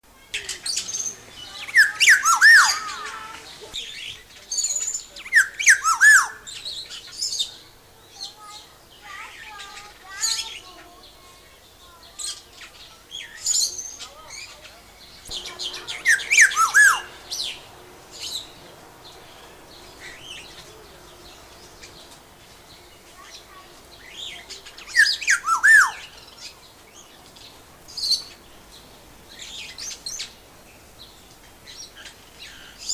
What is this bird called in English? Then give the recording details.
Black-naped Oriole. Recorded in captivity. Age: adult. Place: Zoo Berlin, Berlin, DE. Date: 2001-08-14 12:39. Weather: fair, 24 - 26°C. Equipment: Marantz CP 130, Sennheiser MKH 416, Kopie Uher 4000 Report Monitor. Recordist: Tembrock, Günter. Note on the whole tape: Rufreihen (zuletzt: Abbruch)